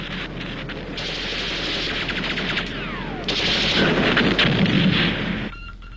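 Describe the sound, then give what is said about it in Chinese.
A loud, chaotic battle din of an enemy assault under aircraft cover on the Tashan positions: booming artillery and explosions mixed with rapid bursts of gunfire, a falling whistle sweeping down midway, the roar staying heavy before easing off at the end. “敌军在飞机的掩护之下向我塔山阵地发起进攻”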